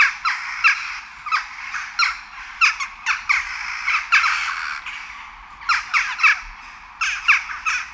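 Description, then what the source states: Western jackdaw calls: many sharp, squeaky chak notes, given singly and in quick pairs, over eight seconds. Genuine jackdaw calls, played after a starling's imitation of jackdaws.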